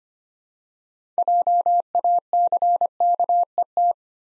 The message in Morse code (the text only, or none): JACKET